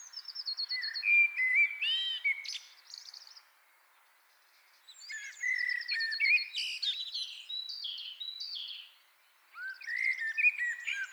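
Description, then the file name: Common blackbird song: three phrases of rich warbled whistles mixed with high scratchy twittering, separated by brief silences. "Turdus merula"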